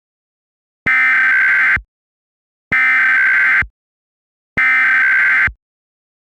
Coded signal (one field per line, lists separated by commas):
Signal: Emergency Alert System (SAME) tones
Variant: header bursts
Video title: EAS Scenario: QUESADILLA HIJACK